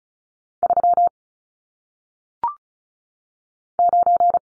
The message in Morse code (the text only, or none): 3 9